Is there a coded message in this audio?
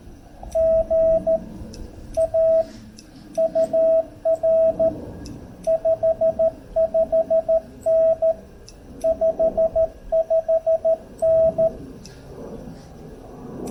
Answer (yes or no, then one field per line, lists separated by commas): yes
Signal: Morse code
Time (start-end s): 0.6-11.7 s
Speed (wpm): 13 wpm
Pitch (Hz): 650 Hz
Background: radio noise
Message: GA UR 55N 55N